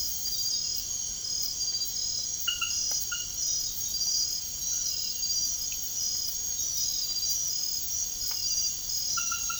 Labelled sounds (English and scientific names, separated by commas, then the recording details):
none
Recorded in secondary vegetation near Puerto Asís, Putumayo, Colombia, on 24 March 2025 at 00:30
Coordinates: 0.489, -76.322
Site G042